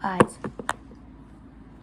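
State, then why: Seated. A backing washer is pushed onto the post of a 9 mm plastic safety eye fitted into a crocheted plush toy, with someone talking briefly at the start. A few soft taps precede a sharp click at 0.7 s as the washer seats onto the post.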